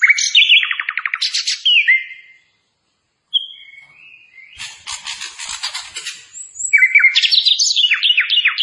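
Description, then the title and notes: Hill blue flycatcher song opening with a fast descending trill and whistle, a silent gap, a harsh pulsing rustle, then lively twisting whistled phrases. Clear song with the sound of trickling water, used for training (masteran). "Masteran Sikatan Kipas Suara Jernih Dan Suara Gemericik Air. Suara Burung Sikatan Londo"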